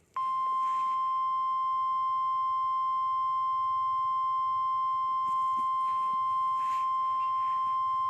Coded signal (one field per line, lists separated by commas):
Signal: Emergency Alert System (SAME) tones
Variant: 1050 Hz attention tone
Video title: Zombie Virus Pandemic - Pennsylvania EAS